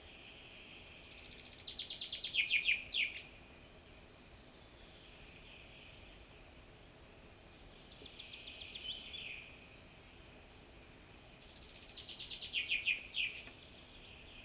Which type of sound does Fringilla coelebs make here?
song